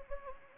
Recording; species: mosquito wingbeat signal from an infrared sensor; Anopheles gambiae